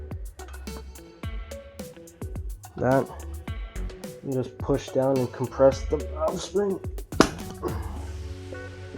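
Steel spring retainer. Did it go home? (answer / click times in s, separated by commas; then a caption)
released / 7.2 s. A valve spring compressor is pushed down on a valve spring in a 1ZZ cylinder head from a 400 hp turbo Celica while someone talks over music. At 7.2 s a sharp metallic click sounds as the spring compresses and the metal retainer and keepers pop free, meaning the valve's retainer has been removed.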